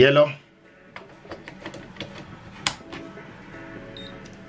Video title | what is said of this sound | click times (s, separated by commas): CANON PIXMA TS9150 HIGH-TECH PRINTER INK CARTRIDGES INSTALLATION GUIDE | okay you hear it click sound and it's ready | 2.7 s